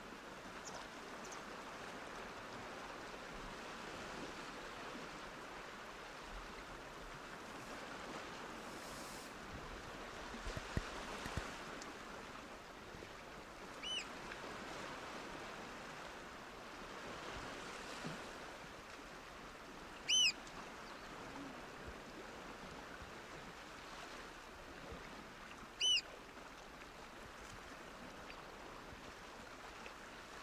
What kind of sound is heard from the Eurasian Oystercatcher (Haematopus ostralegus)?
call